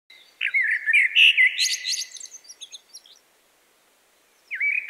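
Common blackbird delivering one full fluty phrase that breaks into a high, scratchy flourish, then a pause and the start of the next phrase.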